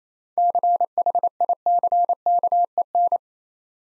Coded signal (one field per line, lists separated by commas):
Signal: Morse code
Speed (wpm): 27 wpm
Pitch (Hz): 700 Hz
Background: none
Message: CHICKEN